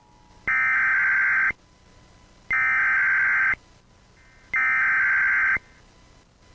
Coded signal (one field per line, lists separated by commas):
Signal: Emergency Alert System (SAME) tones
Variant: header bursts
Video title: FAILED EAS 1128: Oregon Great Shakeout Drill